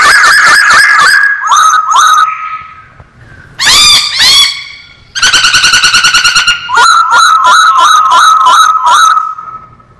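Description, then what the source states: Masked laughingthrush song: dropping whistled notes, a loud harsh call, a fast rattling burst, then rhythmic repeated whistles fading at the end. Singing vigorously (gacor).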